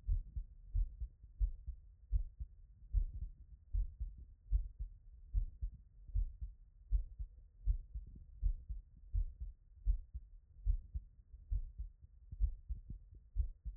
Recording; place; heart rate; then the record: heart sounds by stethoscope; Erb's point; 75 bpm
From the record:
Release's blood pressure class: hypertension stage 1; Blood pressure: 139/63 mmHg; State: after exercise